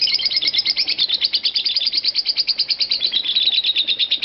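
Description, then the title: Lovebird giving a shrill, high chattering song of rapid pulsed notes. Konslet-style song. "Lovebird Konslet"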